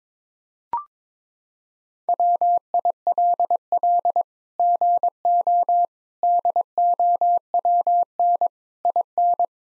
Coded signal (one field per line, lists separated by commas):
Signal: Morse code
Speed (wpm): 22 wpm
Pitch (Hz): 700 Hz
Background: none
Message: WILL GO DOWN IN